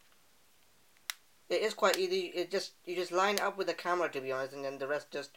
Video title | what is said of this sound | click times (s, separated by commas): Blackberry Z10 Review | snaps in place I don't know if you heard those clicks | 1.1 s